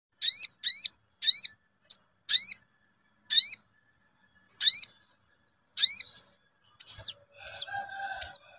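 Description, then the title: Brown-throated sunbird song: a series of sharp, upslurred high chirps at uneven intervals, followed by softer notes near the end. Masteran (song-training) recording, Labaik variant. "Masteran Burung Sogok Ontong Labaik"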